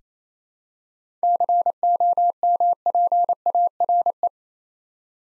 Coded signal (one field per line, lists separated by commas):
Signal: Morse code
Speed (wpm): 27 wpm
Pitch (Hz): 700 Hz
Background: none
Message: COMPARE